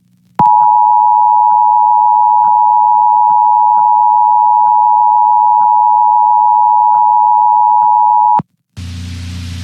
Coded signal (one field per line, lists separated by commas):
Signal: Emergency Alert System (SAME) tones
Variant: 853 and 960 Hz attention tone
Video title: Orange County Required Monthly Test 10/4/21 EAS (#512-518)